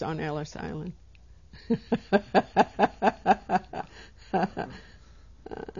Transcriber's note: she laughs